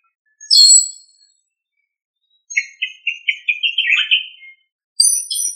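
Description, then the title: Thrush song, a high clear whistled phrase, then a run of lower warbling notes rising and falling, and another bright high phrase at the end. "Sabia"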